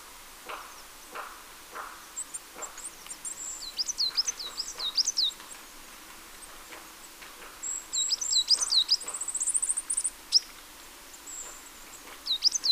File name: Poecile palustris